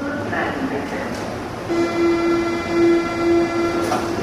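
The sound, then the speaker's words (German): A subway train pulls into a station with a low, steady rumble. About halfway through, a sustained metallic whine rises and holds at a fairly low pitch until the end. “Hier ankommen mit der U-Bahn heißt, du stehst schließlich doch vor dieser U-Bahn-Treppe”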